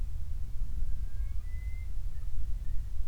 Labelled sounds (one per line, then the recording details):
loon
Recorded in the Prudhoe Bay oil fields, Alaska, on 28 July 2019 at 05:26
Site 25